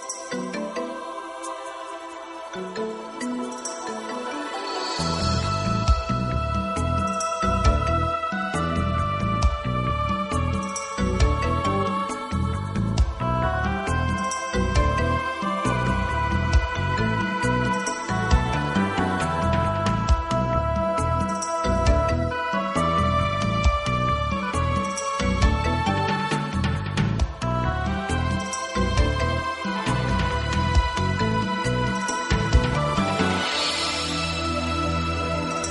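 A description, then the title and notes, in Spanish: Space sounds made of layered, sustained synthetic tones with bright shimmering accents up high. At about five seconds a deep, regular pulsing bass enters and drives on steadily, keeping the sound dense and evenly loud to the end. Espacial, sonidos del espacio.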